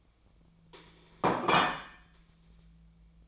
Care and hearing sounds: daily activity, microphone in the room; place plate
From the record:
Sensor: 1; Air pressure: 1009.3 hPa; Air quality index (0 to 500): 195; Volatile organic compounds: 19 ppm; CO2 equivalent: 2665 ppm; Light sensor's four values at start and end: 29/74/30/36 and 29/73/30/36

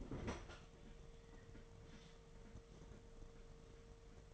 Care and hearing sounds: daily activity, microphone in the room; open fridge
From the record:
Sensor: 4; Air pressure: 1015.8 hPa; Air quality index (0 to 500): 186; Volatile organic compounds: 9 ppm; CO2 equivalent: 2152 ppm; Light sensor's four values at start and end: 10/24/10/10 and 8/19/8/8

